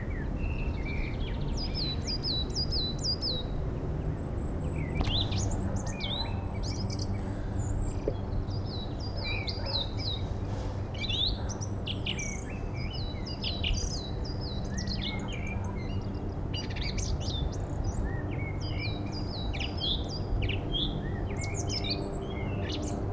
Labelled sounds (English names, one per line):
Song Thrush song